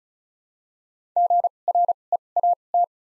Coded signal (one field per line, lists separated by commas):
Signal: Morse code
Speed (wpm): 34 wpm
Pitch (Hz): 700 Hz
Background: none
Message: G R E A T